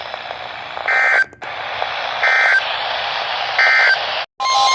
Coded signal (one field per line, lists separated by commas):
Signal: Emergency Alert System (SAME) tones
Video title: Severe Thunderstorms, 2 DUST STORMS (RARE...) And 2 Flash Flood Warnings (EAS 146-153) 5/7/23